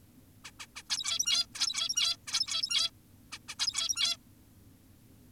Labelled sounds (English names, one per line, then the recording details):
Zebra Finch
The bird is an adult
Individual g17y2U